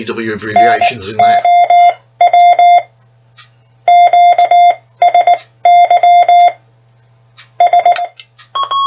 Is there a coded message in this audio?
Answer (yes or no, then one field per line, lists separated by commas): yes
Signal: Morse code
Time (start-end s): 0.6-7.9 s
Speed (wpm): 19 wpm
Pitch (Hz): 700 Hz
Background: speech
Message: NOW QSY S